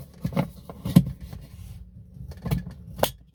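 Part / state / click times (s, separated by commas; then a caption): plastic lint filter frame into the wall of a portable twin-tub washing machine tub / seated / 3.0 s. After the fabric lint bag is tucked in, the plastic lint filter frame is pushed back into its slot in the tub wall of a Giantex EP21684 portable mini twin-tub washing machine. Light knocks and scrapes are heard around 0.4, 1.0 and 2.5 seconds, then a sharp, loud snap at 3.0 seconds as the filter seats back in place.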